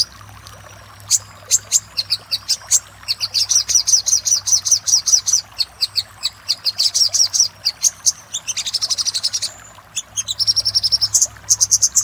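Little spiderhunter singing quick series of thin, high notes, some spaced and some run together into fast rattling bursts, with a steady low hum beneath.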